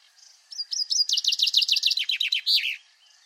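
Common chaffinch song: a bright descending rattle of repeated notes ending in a flourish, lasting about two seconds.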